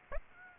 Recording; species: mosquito wingbeat signal from an infrared sensor; Aedes aegypti